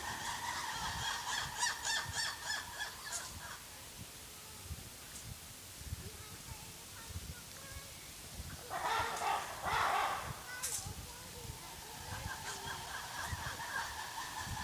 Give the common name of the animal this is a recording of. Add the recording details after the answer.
Black-and-white Ruffed Lemur. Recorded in captivity. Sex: group. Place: Tierpark Berlin, Berlin, DE. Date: 2003-09-19 14:30. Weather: sonnig, 24°C. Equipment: Fair Mate ST-1328 (Asahi Electronics, Japan), Sennheiser ME 80, Kopie Uher 4000 Report Monitor. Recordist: Tembrock, Günter. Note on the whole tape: Schwarzweißer Vari (V.v.variegata): Gruppe im Haus: Gruppenrufe zusammenhängend aufgenommen. Starkes Grundrauschen